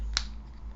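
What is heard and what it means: After cleaning, the plastic cutting head of an Insua HD-102 nose hair trimmer is pressed back onto the trimmer body, giving one sharp, bright snap at 0.2 s over a faint steady low hum. The head clicks back into place and sits seated with no problem.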